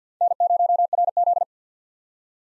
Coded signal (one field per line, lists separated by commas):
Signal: Morse code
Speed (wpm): 50 wpm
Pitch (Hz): 700 Hz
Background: none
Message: N0RZ